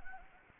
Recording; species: mosquito wingbeat signal from an infrared sensor; Anopheles gambiae